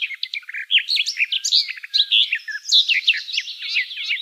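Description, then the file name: Garden warbler song: a fast, continuous, warbling run of varied chirps and slurred notes, steady and unbroken throughout. Recorded 19 May 2013. "19 05 2013 Gartengrasmuecke"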